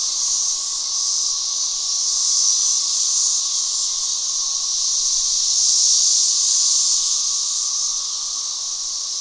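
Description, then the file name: Periodical cicada chorus, an unbroken loud high-pitched whine that gently waxes and wanes, with a weaker steady tone lower down. "Magicicada Species"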